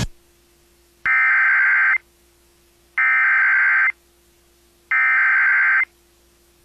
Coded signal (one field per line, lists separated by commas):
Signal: Emergency Alert System (SAME) tones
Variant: header bursts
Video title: VERY DANGEROUS STORM INDEED... EAS Alerts from 4/27/21 (EAS #273-276)